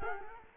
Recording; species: mosquito wingbeat signal from an infrared sensor; Culex quinquefasciatus